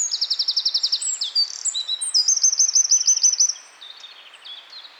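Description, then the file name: Eurasian wren: high-pitched rattling trill leading into chattering and a second fast trill, ending after about three and a half seconds. "Troglodytes troglodytes"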